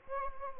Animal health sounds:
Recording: mosquito wingbeat signal from an infrared sensor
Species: Anopheles gambiae

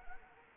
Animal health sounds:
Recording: mosquito wingbeat signal from an infrared sensor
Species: Anopheles arabiensis

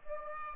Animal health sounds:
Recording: mosquito wingbeat signal from an infrared sensor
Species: Aedes aegypti

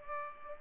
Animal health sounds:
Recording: mosquito wingbeat signal from an infrared sensor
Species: Culex pipiens

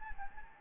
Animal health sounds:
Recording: mosquito wingbeat signal from an infrared sensor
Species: Anopheles gambiae

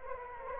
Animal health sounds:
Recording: mosquito wingbeat signal from an infrared sensor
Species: Anopheles arabiensis

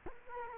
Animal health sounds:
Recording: mosquito wingbeat signal from an infrared sensor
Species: Culex quinquefasciatus

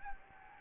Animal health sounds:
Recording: mosquito wingbeat signal from an infrared sensor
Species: Anopheles gambiae

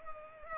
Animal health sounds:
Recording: mosquito wingbeat signal from an infrared sensor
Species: Culex pipiens

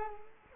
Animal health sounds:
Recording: mosquito wingbeat signal from an infrared sensor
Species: Culex quinquefasciatus

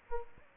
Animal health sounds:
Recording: mosquito wingbeat signal from an infrared sensor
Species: Aedes aegypti

